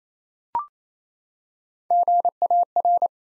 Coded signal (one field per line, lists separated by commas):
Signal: Morse code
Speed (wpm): 27 wpm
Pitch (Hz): 700 Hz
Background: none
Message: GAR